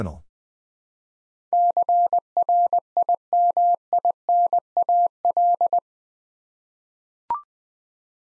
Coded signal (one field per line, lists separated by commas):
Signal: Morse code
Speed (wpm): 21 wpm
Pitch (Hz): 700 Hz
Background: none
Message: CRIMINAL